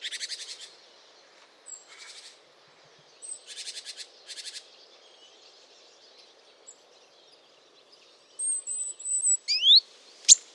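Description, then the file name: Great tit churring calls: dry buzzy rattles in short bursts, several in the first five seconds, followed by thin high whistles and sharp squeaks near the end. "Parus major"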